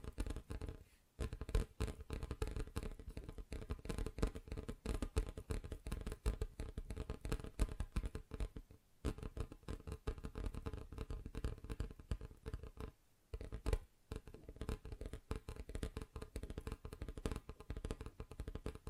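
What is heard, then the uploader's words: Fingers tap rapidly and densely on different surfaces, a steady patter of quick knocks with brief pauses near 1, 9 and 13 seconds. ASMR Just Tapping (Different Surfaces No Talking).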